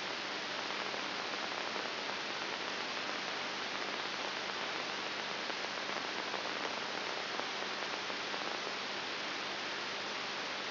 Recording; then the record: brain microelectrode recording played as sound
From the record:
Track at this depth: outside the subthalamic nucleus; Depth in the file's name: 7.5 mm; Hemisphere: left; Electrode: 3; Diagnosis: Parkinson's disease